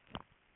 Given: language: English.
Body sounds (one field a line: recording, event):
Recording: throat vibration sensor signal played as sound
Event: swallow